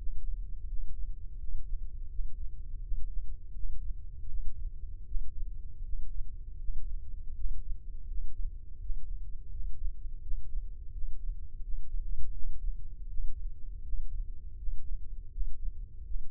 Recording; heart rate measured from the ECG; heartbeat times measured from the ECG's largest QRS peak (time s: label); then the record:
heart sounds by microphone in the left ear; 82 bpm
0.66 s: heartbeat
1.37 s: heartbeat
2.08 s: heartbeat
2.81 s: heartbeat
3.53 s: heartbeat
4.27 s: heartbeat
5.05 s: heartbeat
5.83 s: heartbeat
6.58 s: heartbeat
7.34 s: heartbeat
8.07 s: heartbeat
8.79 s: heartbeat
9.49 s: heartbeat
10.21 s: heartbeat
10.92 s: heartbeat
11.62 s: heartbeat
12.32 s: heartbeat
13.08 s: heartbeat
13.82 s: heartbeat
14.57 s: heartbeat
15.30 s: heartbeat
16.03 s: heartbeat
From the record:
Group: healthy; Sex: male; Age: 35 years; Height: 178 cm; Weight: 64 kg